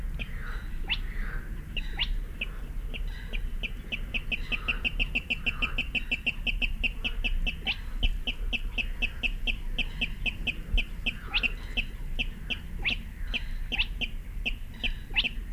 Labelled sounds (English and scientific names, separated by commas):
Spotted Crake (Porzana porzana)